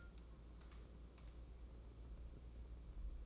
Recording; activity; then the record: daily activity, microphone in the room; take from stove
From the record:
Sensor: 1